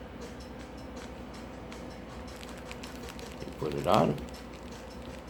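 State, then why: Not seated. A plastic ostomy pouch is positioned and oriented by hand, with its coupling ring lined up before attaching to the skin barrier flange. Soft plastic handling ticks come at about 2.4 to 3.2 seconds over a steady low hum, and someone talks with a louder burst near 3.9 seconds. The coupling is not pushed home, and nothing has clicked yet.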